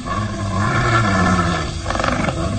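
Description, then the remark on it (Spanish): A menacing, low growl from a killer beast in the Kalimán radio drama rumbles steadily for a few seconds, swelling into a rougher, raspy roar near the end, with no voices present. “Se escucha amenazador el gruñido de la fiera asesina, y el hombre increíble sabe que ha llegado el momento de enfrentarse al peligro para descifrar el enigma.”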